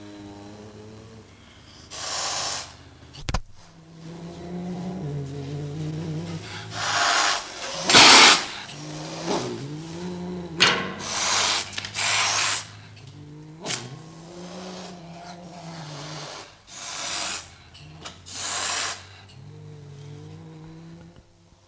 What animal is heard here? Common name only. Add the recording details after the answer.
Serval. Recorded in captivity. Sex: pair. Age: adult. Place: Zoo Rostock, Mecklenburg-Vorpommern, DE. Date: 1984-02-04. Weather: overcast, 3-6°C. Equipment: Nagra SN, Kopie Uher 4000 Report Monitor. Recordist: Tembrock, Günter